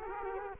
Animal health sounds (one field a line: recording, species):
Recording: mosquito wingbeat signal from an infrared sensor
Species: Culex quinquefasciatus